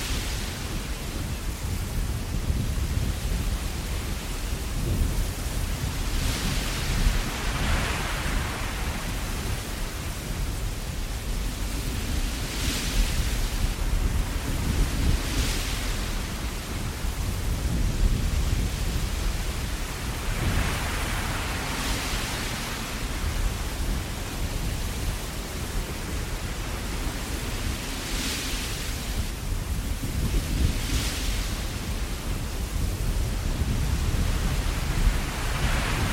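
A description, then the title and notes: A rumbling thunderstorm with a deep, continuous roll of low thunder and a steady wash of rain over it. Brighter surges of hiss swell every few seconds, around 7, 13, 22 and 30 seconds, while the overall loudness stays fairly even throughout. Rumbling Thunder Storm.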